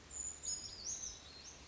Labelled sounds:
Brown Creeper (Certhia americana)
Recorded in Sonoma County, California

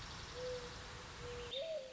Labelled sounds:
Mourning Dove (Zenaida macroura)
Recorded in Sonoma County, California

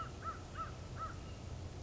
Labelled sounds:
American Crow (Corvus brachyrhynchos)
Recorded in Sonoma County, California

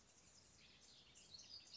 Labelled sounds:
House Wren (Troglodytes aedon)
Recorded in Sonoma County, California

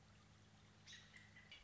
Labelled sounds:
American Robin (Turdus migratorius)
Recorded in Sonoma County, California

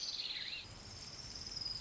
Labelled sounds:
Orange-crowned Warbler (Leiothlypis celata)
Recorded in Sonoma County, California

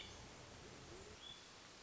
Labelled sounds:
Hermit Thrush (Catharus guttatus)
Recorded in Sonoma County, California

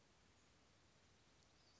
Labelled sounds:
Western Flycatcher (Empidonax difficilis)
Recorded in Sonoma County, California

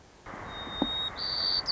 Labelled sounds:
White-crowned Sparrow (Zonotrichia leucophrys)
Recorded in Sonoma County, California

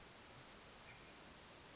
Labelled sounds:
Oak Titmouse (Baeolophus inornatus)
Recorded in Sonoma County, California

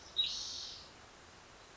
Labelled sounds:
Spotted Towhee (Pipilo maculatus)
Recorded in Sonoma County, California

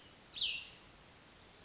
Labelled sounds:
Cassin's Vireo (Vireo cassinii)
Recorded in Sonoma County, California

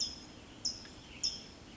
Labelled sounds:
Western Tanager (Piranga ludoviciana)
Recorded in Sonoma County, California

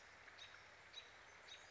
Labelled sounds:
American Robin (Turdus migratorius)
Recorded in Sonoma County, California

